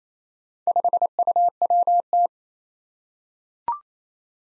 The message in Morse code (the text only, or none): 5UWT